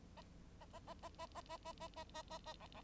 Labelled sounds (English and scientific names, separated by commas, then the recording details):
Bengalese Finch (Lonchura striata domestica) song
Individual Bird9